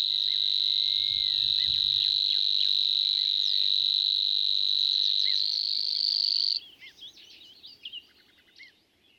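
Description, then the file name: Savi's warbler reeling song, a continuous high insect-like buzz for over six seconds, then it stops and scattered chirps remain. "Snor"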